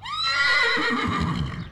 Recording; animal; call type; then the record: contact call of a hoofed animal; horse; whinny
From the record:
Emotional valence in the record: negative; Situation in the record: separation from one group member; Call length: 1.71 s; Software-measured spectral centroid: 2420 Hz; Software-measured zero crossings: 3120 a second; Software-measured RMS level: -24 dBFS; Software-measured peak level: -10 dBFS